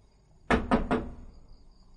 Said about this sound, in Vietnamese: Gã khom lưng, đưa tay nhặt một cành cây trên mặt đất, sau đó gõ cửa.